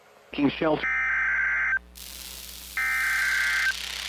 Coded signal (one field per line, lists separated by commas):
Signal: Emergency Alert System (SAME) tones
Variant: header bursts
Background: speech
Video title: MARGINAL INSANITY 9: ENSO TERROR - EAS Alerts From 3/9/25 - 3/10/25 (EAS #3409-3430)